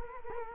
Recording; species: mosquito wingbeat signal from an infrared sensor; Culex quinquefasciatus